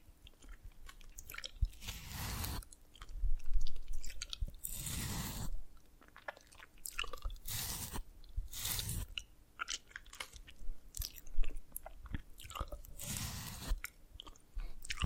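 Crisp crunching and cracking of dalgona candy comes in bursts, with loud snaps around 2.5, 4.5, 8 and 13 seconds between softer tapping.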